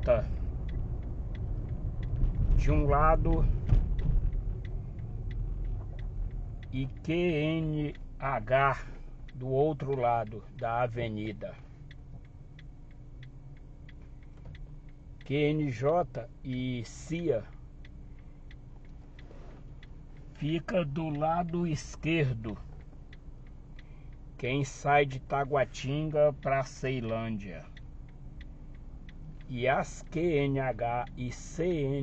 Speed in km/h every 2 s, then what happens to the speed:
32, 25, 13, 0, 0, 0, 0, 0, 0, 0, 0, 0, 0, 0, 0, 0.
0-6 brakes to 0. 6-32 standing.